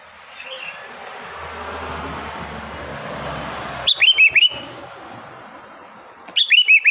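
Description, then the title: Sooty-headed bulbul delivering two lively, bubbling phrases of about four rapid notes over a steady wash of background noise. "Kutilang"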